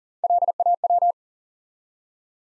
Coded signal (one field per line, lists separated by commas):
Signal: Morse code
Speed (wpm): 38 wpm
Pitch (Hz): 700 Hz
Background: none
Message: LAW